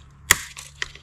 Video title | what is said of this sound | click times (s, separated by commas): Blaster Breakdown 21 (September 2021) - Dart Zone Pro MK2 - 18 dart high capacity mod | I can put that in, and that clicks into place. | 0.3 s